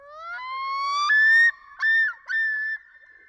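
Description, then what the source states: Common loon yodel opening with a slow rising wail, then a step up in pitch and two short yodelling phrases separated by brief silences. Yodel call given by a male on his breeding territory, neck outstretched, waving his head side to side; the yodel entices females and asserts a territorial claim.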